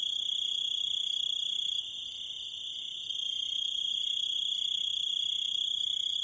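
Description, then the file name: Grasshopper sound: continuous shrill tonal buzz with faint rhythmic pulses underneath, briefly quieter in the middle. "zvuki kuznechika"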